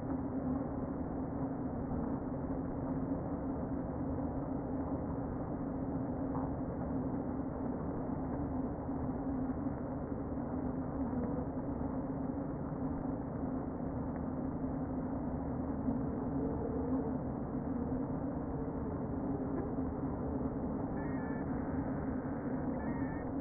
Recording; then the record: honeybee colony, microphone inside the hive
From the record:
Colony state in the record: queen present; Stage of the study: before two queens were removed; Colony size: about 60,000 bees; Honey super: yes